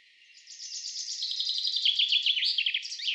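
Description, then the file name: Common chaffinch singing a quick, descending run of bright notes that ends in a brief emphatic flourish. "Fringilla coelebs"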